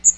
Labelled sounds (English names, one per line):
Magnolia Warbler flight call